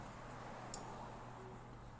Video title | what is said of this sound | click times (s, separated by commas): Toyota Prius Wiper Replacement | until it clicks in place and there you go we've | 0.7 s